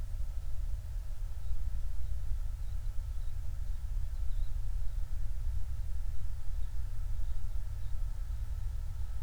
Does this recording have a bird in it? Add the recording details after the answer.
yes. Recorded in the Prudhoe Bay oil fields, Alaska, on 28 July 2019 at 05:18. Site 25